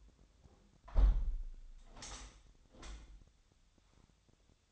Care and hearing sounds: daily activity, microphone in the room; close window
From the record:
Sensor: 3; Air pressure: 1006.3 hPa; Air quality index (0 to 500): 190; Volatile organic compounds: 13 ppm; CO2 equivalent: 2420 ppm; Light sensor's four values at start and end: 10/23/9/9 and 10/23/9/9

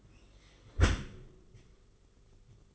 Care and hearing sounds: daily activity, microphone in the room; close dishwasher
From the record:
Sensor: 4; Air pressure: 991.2 hPa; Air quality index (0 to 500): 155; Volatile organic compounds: 112 ppm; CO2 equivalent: 3828 ppm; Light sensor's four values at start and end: 22/73/27/28 and 22/72/27/27

